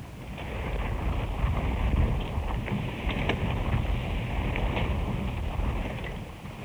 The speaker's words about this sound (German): Genauso hart wie der Wassermüller arbeitete auch der Müller, dessen Mühle der Wind antrieb.